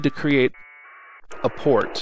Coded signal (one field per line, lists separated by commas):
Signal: packet radio (AX.25, as in APRS)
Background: speech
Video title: SmartSDR Flex 6700 APRS 2M HowTo